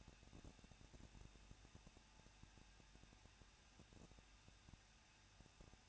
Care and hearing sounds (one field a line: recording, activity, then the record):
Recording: daily activity, microphone in the room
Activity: no activity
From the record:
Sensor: 2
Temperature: 21.0 degrees Celsius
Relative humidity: 37.4%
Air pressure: 1006.2 hPa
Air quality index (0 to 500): 221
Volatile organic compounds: 24 ppm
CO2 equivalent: 2801 ppm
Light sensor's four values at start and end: 2/3/2/2 and 2/3/2/2